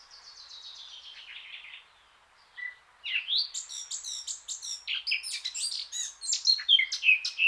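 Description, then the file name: Eurasian blackcap song opening with a soft thin chattering, a brief pause, then a rapid scratchy warble building to loud varied whistled notes. "Sylvia atricapilla"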